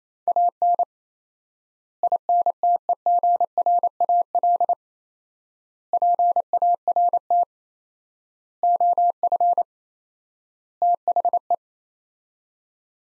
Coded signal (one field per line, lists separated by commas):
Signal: Morse code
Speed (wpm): 28 wpm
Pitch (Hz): 700 Hz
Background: none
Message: AN INTEGRAL PART OF THE